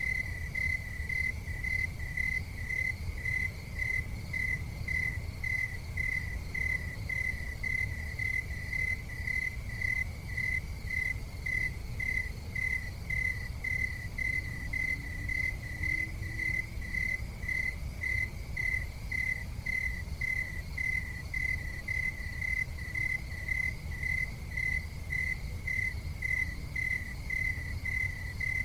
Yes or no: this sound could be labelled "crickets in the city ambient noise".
yes